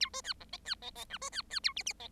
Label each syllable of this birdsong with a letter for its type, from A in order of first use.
A B C D E C E E F B C C A G G E